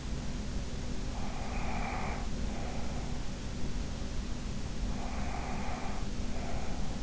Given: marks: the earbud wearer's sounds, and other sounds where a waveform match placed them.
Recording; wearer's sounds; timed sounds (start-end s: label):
sounds in sleep by an in-ear microphone; breath
0.86-3.25 s: breath
4.92-7.03 s: breath